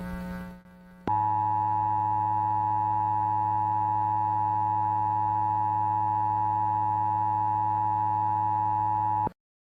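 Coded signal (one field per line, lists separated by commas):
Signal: Emergency Alert System (SAME) tones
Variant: 853 and 960 Hz attention tone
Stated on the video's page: Mock EAS alert, a fictional simulation made on request.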